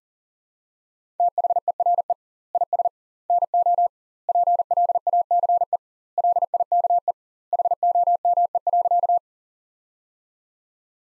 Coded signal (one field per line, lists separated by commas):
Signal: Morse code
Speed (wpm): 40 wpm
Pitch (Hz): 700 Hz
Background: none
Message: THERE IS NO PLACE LIKE HOME.